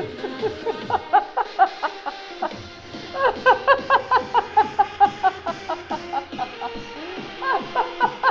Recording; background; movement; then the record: laughter; music; sitting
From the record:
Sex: female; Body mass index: 21.8 kg/m2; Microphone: on the chest, facing outward